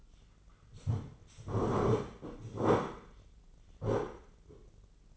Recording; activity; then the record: daily activity, microphone in the room; sit down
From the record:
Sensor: 4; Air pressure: 996.8 hPa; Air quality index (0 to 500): 240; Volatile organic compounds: 341 ppm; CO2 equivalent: 4566 ppm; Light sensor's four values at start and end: 45/111/45/45 and 45/111/46/45